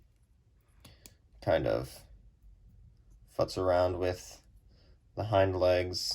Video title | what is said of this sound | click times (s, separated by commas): Transformers: Studio Series - SS-83 Soundwave and Ravage (Bumblebee) - Video Review | this whole tail section until it clicks into place there. | 0.9 s, 1.1 s